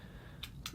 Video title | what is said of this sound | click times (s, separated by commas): Smok Stick Prince VS Vaporesso Cascade One Plus [It's an EASY decision] | locks back into place, so it's got this little up and down mechanism. | 0.7 s